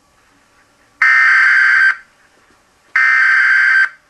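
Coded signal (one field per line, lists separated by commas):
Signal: Emergency Alert System (SAME) tones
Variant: header bursts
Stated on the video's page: EAS tones from a parody alert.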